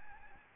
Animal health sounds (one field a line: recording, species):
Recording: mosquito wingbeat signal from an infrared sensor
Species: Aedes albopictus